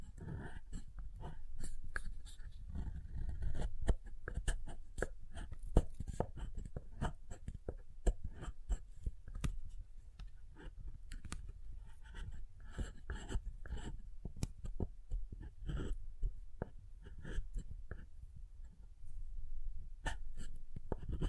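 Tapping and carving on a bar of soap, a steady run of sharp, dry clicks and scrapes spaced closely and somewhat irregularly through the whole stretch. Some taps land harder and brighter than others, over a soft low rumble underneath.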